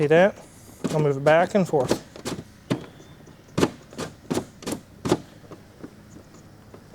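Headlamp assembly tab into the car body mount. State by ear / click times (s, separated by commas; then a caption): seated / 5.1 s. Someone talks while turning the locking cam and working the headlamp assembly of an '04 Turbo S Beetle back and forth, producing a series of short knocks and taps. The headlamp housing tab locks into place in the car body mount with a click at 5.1 s, and the assembly is seated.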